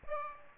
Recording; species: mosquito wingbeat signal from an infrared sensor; Aedes aegypti